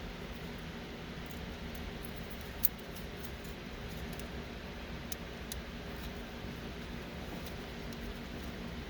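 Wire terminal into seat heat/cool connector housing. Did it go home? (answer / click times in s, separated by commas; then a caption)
no / none. A wire terminal is pushed into the heated/cooled seat connector housing of a 2011-2016 F250/F350 over a steady low hum, with a few faint brief ticks near 2.6, 5.1 and 5.5 seconds. The terminal has not clicked in, so it is not locked.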